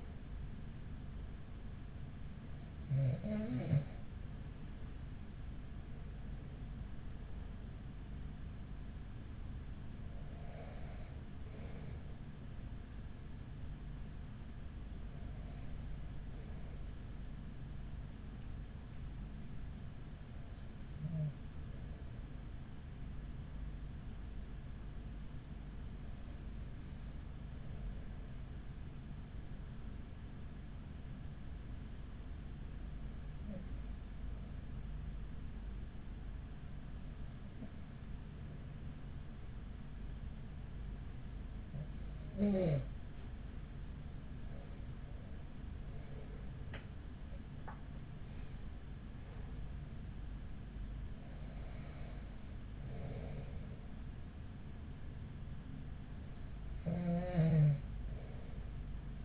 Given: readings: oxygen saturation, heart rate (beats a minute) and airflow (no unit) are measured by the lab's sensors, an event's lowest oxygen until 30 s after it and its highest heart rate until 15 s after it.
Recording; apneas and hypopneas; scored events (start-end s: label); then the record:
breathing in sleep by a smartphone at the bedside; 1
18.00-48.70 s: hypopnea (N1, oxygen 96% highest, then 94% lowest, heart rate 41 at the start, 54 highest)
From the record:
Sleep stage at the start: N1 (lightest sleep); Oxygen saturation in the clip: 94 to 96%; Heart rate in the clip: 39 to 61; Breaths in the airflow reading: 13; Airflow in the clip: -6.9 to 8.4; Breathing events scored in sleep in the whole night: 207 in 7.6 hours asleep